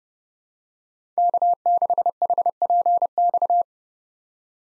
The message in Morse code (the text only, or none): K6HPX